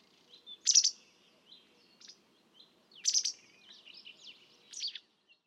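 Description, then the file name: White wagtail calls: sharp, high chirping notes in three short bursts about two seconds apart, with softer twittering between them, over a quiet background. "White Wagtail Motacilla alba"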